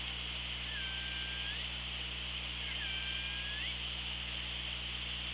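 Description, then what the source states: Killer whale call given twice: a level tone that turns sharply upward at its end, each lasting about a second, over continuous hiss and a low hum. OrcaLab hydrophone at Cracroft Point, 24 August 2017, 16:36.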